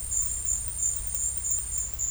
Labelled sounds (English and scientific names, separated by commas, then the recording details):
none
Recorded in dense forest near Puerto Asís, Putumayo, Colombia, on 18 February 2024 at 12:30
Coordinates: 0.487, -76.319
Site G6403